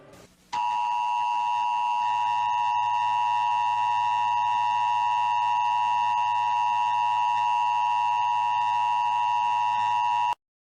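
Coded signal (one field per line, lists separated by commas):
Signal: Emergency Alert System (SAME) tones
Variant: 853 and 960 Hz attention tone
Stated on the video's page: Satirical parody of an EBS alert, unofficial; not a real alert.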